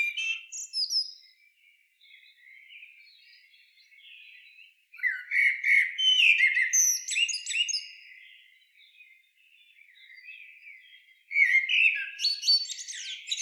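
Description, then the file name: Common blackbird song in three separate phrases, each mixing low fluted warbles with high scratchy twitters, with quieter pauses of a few seconds between them. "Turdus merula"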